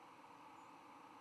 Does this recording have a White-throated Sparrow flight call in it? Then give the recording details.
yes. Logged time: 09:44 on 10 November 2014